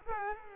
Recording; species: mosquito wingbeat signal from an infrared sensor; Culex quinquefasciatus